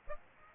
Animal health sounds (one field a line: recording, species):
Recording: mosquito wingbeat signal from an infrared sensor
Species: Aedes aegypti